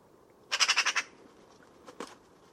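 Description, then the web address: Bird calling a rapid run of six grating squawks, followed after a pause by two fainter harsh notes, against low background hiss. "Deverinetal 2025 File origin Bird Only"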